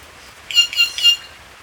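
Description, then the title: Black-crested warbler uttering three bright, harsh, high chip notes in rapid succession, evenly spaced, with nothing else audible. "Myiothlypis Nigrocristata"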